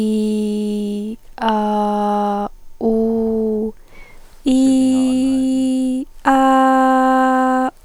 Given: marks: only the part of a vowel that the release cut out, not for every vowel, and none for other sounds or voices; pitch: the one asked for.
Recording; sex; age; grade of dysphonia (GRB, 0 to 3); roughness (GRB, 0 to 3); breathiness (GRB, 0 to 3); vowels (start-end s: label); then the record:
sustained vowels; female; 20 to 29 years; 1; 0; 1
0.00-0.95 s: vowel /i/, normal pitch
1.50-2.35 s: vowel /a/, normal pitch
2.91-3.57 s: vowel /u/, normal pitch
5.13-5.89 s: vowel /i/, high pitch
6.57-7.54 s: vowel /a/, high pitch
From the record:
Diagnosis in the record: recurrent laryngeal nerve paralysis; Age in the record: 24 years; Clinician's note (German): Zustand nach partieller links (gering eingeschränkt), jetzt allerdings vollkommen symmetrisches Schwingungsbild